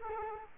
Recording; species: mosquito wingbeat signal from an infrared sensor; Culex quinquefasciatus